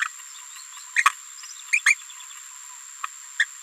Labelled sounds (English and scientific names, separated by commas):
Green-rumped Parrotlet (Forpus passerinus) babbling